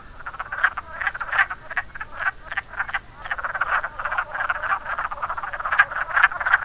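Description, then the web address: Wood frog croaks: short, gravelly, quacking notes repeated quickly and steadily. "zoology woodfrog"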